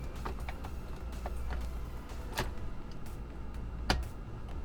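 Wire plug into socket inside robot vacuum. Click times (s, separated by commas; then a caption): 3.9 s. A male plastic wire plug is pushed into its female socket inside a Roomba robot vacuum and pressed firmly down. Faint taps and handling sounds are heard over a low background hum. The plug clicks into place at 3.9 s with a sharp, loud snap, and it is seated.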